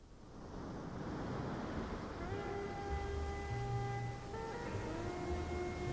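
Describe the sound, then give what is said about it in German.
Heavy ocean surf roars in a steady, broad wash of noise, joined after about two seconds by sustained, layered tonal notes that hum above the crashing water. “Riesige Brandung.”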